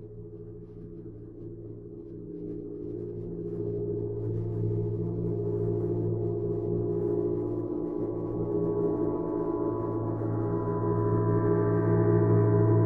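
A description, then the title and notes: A gong hums with a dense stack of low, sustained tones that shimmer and beat against each other. Its loudness builds gradually over the thirteen seconds, and brighter overtones bloom in after about ten seconds, with no fresh strike standing out. Sound Therapy - Gong (Part 1).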